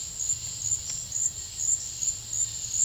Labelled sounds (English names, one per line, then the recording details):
none
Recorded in secondary vegetation near Puerto Asís, Putumayo, Colombia, on 28 February 2025 at 14:00
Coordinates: 0.498, -76.327
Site G001